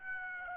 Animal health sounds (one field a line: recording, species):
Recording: mosquito wingbeat signal from an infrared sensor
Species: Aedes aegypti